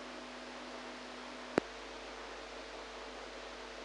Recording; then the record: brain microelectrode recording played as sound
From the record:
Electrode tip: inside the subthalamic nucleus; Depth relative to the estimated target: -2 mm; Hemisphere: right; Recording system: NeuroSet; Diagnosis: Parkinson's disease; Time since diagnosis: 8 years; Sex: female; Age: 45 years